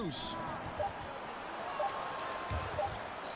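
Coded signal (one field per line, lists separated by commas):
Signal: none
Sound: basketball game sound beeps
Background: speech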